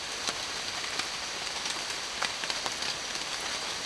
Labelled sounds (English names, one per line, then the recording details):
none
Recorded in secondary vegetation near Puerto Asís, Putumayo, Colombia, on 30 June 2025 at 16:30
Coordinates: 0.499, -76.323
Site G077